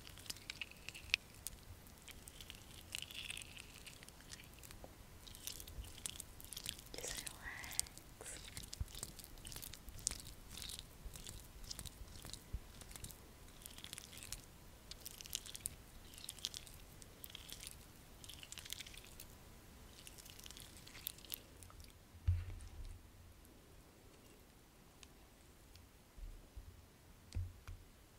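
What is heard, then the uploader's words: A spa facial treatment and scalp massage, filled with dense crackly, crunchy rustling and quick brushing strokes that come in rapid bursts for the first twenty seconds. After that the sound thins to a soft hiss, with a low thump near 22 seconds and another near the end. ASMR Natural Spa Facial Treatment & Scalp Massage.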